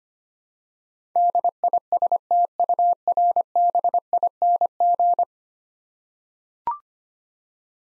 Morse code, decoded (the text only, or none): DISTURBING